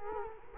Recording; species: mosquito wingbeat signal from an infrared sensor; Culex quinquefasciatus